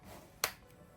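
The plastic clasp on the folding handle of a foldable wall and ceiling drywall sander is closed during assembly. A single sharp snap is heard at 0.4 s, and the clasp locks shut, seating the handle.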